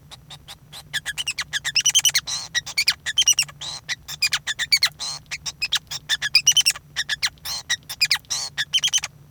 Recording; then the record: song of a male Bengalese finch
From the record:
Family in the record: son of father 5